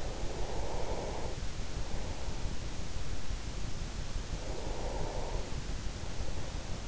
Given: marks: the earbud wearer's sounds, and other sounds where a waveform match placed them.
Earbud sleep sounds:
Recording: sounds in sleep by an in-ear microphone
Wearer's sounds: breath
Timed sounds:
0.01-2.80 s: breath
4.04-6.88 s: breath

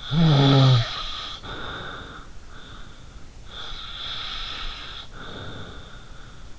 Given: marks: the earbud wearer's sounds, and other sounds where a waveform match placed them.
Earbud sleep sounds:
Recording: sounds in sleep by an in-ear microphone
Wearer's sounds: snoring breath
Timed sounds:
0.00-2.84 s: snoring breath
3.52-6.47 s: snoring breath

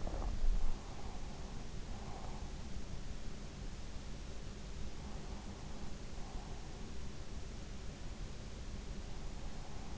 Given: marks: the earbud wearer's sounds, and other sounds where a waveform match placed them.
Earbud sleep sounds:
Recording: sounds in sleep by an in-ear microphone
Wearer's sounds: breath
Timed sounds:
0.00-0.33 s: breath

